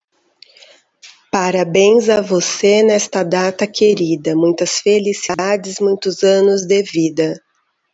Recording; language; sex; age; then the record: short text; Brazilian Portuguese; female; 50 to 59 years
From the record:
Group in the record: control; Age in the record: 50 years